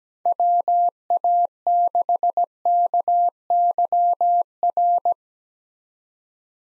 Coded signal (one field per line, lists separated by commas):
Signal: Morse code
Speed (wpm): 17 wpm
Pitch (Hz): 700 Hz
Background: none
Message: WA6KYR